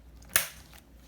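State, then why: Seated. The plastic tail of a Mattel Jurassic World Battle Damage Ultimate Baryonyx action figure, which comes separate, is lined up and pushed into the socket on the dinosaur figure's body. A sharp, bright click lands at 0.4 s and fades quickly against quiet handling noise. The tail is seated and the figure is fully assembled.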